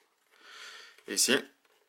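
Someone talks while handling the plastic clip of a foam cheek pad being pressed into the shell of a motorcycle helmet. A faint short tick is heard at 1.6 s, but nothing has seated or clicked yet.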